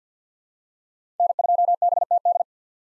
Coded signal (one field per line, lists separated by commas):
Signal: Morse code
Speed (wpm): 50 wpm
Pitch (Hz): 700 Hz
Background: none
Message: N2BTD